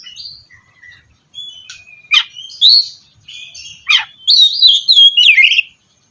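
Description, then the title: Oriental magpie-robin song with thin whistles, two sharp falling notes and a closing burst of loud warbled phrases. "kacer"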